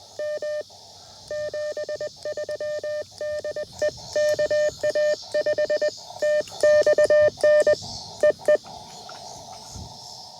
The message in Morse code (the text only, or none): M 73 DE KA5TXN EE